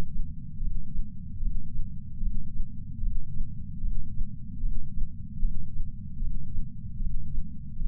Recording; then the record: heart sounds by patch sensor on the chest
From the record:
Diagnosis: coronary artery disease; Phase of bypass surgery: intraoperative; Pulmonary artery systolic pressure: 24 mmHg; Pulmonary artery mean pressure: 17 mmHg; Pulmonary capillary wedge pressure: 7 mmHg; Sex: male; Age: 66 years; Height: 176 cm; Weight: 74.5 kg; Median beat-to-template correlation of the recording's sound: 0.83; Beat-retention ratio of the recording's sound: 1.00